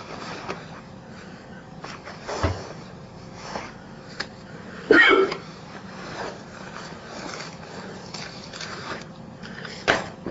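An adult with hiccups: three or four brief, sharp gulping bursts at irregular intervals of about 2.5 to 5 seconds stand out over steady low rumbling, like a vehicle interior. Each is a sudden involuntary catch of breath ending in a closing throat.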